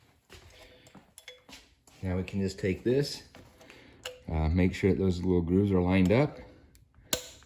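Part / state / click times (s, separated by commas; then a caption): clutch hydraulic line fitting into slave cylinder connection / seated / 7.1 s. A Mustang's hydraulic clutch line fitting is lined up by its little grooves and pushed onto the slave cylinder connection at the bell housing while someone talks, with faint handling clinks. At 7.1 s it snaps in with one sharp click, seated, and is then tugged to check that it holds.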